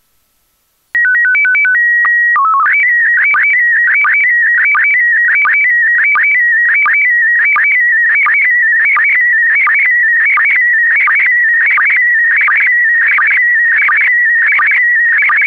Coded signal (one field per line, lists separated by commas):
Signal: SSTV (slow-scan television)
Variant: PD 90